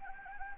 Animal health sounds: mosquito wingbeat signal from an infrared sensor; Anopheles gambiae

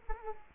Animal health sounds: mosquito wingbeat signal from an infrared sensor; Culex quinquefasciatus

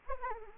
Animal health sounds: mosquito wingbeat signal from an infrared sensor; Anopheles arabiensis

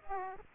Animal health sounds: mosquito wingbeat signal from an infrared sensor; Aedes aegypti

